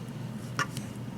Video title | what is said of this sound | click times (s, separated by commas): Samsung Galaxy Mega 6.3 Accessories Ballistic SG Maxx Case Zagg Screen Protector Review explode | pops right in place | 0.6 s